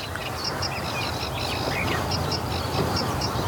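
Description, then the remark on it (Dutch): A sedge warbler sings a continuous, scratchy stream of chattering, high-pitched phrases, with quick varied notes and short trills over a steady low background rumble, in the Wiede, part of Nationaal Park Weerribben-Wieden in Overijssel, Netherlands, as the sun rises. “En we horen hier de rietzanger.”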